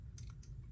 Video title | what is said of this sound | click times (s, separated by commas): Amcrest 5MP PoE Camera Setup & Review | nice click and then put your cap back on | 0.2 s, 0.4 s